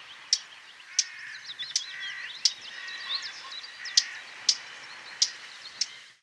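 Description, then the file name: Eurasian blackcap calling with a series of hard tac clicks while quieter warbled song runs underneath. "Sylvia atricapilla"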